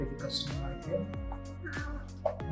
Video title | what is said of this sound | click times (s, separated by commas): NERF Alpha Strike Fang Unboxing - Toy Gun - Toys Unboxing | lock ஆயிடுச்சு. | 2.3 s